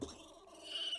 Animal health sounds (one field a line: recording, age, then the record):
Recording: pig call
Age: piglet (1 to 25 days)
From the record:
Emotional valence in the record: negative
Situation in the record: long isolation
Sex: female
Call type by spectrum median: high-frequency call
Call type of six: high-frequency stable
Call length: 0.99 s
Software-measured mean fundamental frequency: 324 Hz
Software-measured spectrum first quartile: 473 Hz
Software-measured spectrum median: 2620 Hz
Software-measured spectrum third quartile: 3159 Hz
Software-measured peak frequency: 2961 Hz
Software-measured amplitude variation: 151 dB a second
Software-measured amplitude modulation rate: 19.8 a second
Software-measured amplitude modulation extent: 7.6 dB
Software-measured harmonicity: 8.7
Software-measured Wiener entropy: -2.58